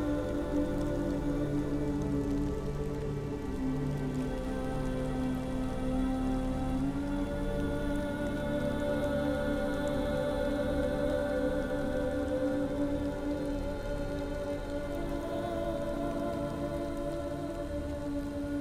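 Rain falls steadily in a forest at night, a dense, even patter that holds the same level for the whole stretch. Beneath it runs a low, constant hum with several steady tones, and no separate events stand out.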